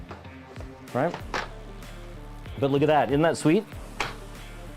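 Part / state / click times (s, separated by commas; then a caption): small divided tray into its holder on a 3D printer / seated / 4.0 s. A small divided compartment tray, bento box style, is pressed into its holder on a Raise3D 3D printer setup while music plays underneath and someone talks. The tray pops into place with a sharp hit at 4.0 s, seated.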